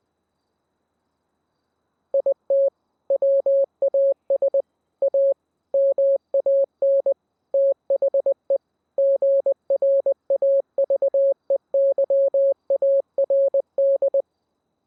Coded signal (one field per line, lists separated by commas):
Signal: Morse code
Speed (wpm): 20 wpm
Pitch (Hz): 550 Hz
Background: none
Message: IT WAS A MAN THE GRAVEYARD